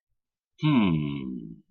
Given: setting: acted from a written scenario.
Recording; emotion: vocal sound without words; confusion